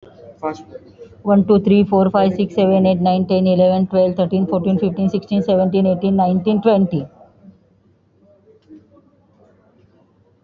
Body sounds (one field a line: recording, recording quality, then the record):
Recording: counting at a fast pace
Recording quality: excellent, no background noise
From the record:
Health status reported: exposed to COVID-19, no respiratory illness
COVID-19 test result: negative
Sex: female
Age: 52 years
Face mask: worn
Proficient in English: yes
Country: India